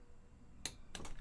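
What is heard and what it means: A click-type torque wrench set to 16 foot-pounds tightens a cylinder head bolt into the head of a big-bore pit bike engine. A distinct, loud click at 0.7 s signals the wrench has reached its setting, followed by further short, sharp ticks around 1.0 s. The bolt is confirmed torqued to spec.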